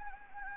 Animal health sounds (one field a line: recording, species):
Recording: mosquito wingbeat signal from an infrared sensor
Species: Anopheles gambiae